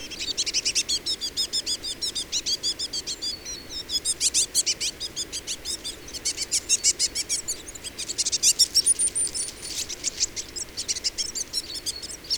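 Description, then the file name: Eurasian blue tit calls: dense, fast runs of high scratchy chirps throughout, with a brief thin high whistle midway. "Cyanistes caeruleus"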